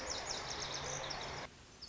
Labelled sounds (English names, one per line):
Lazuli Bunting